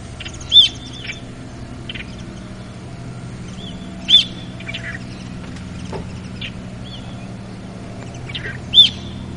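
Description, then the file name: Brown-eared bulbul calls, three loud sharp high notes spaced roughly four seconds apart, with quieter chattering notes in between over a low steady hum. "hiyo"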